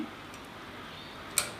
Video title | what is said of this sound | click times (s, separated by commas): two blokes & a motorbike s1ep2 1080p | we hear the click | 1.4 s